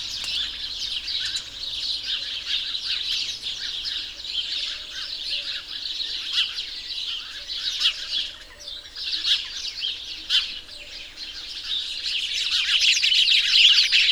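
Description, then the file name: House sparrows calling together, rapid busy chirps layered into constant chatter that swells louder toward the end. "Passer domesticus"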